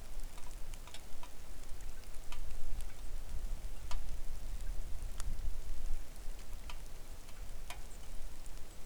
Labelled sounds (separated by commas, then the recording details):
songbird, wind, rain
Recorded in the Arctic National Wildlife Refuge, Alaska, on 3 August 2019 at 09:39
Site 41